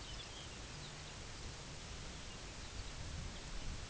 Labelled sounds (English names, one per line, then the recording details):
Lapland Longspur
unidentified sound
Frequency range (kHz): Lapland Longspur 1.9-5.9 kHz
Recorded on Arctic tundra, site UTQI-2, on 17 June 2019
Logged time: 14:00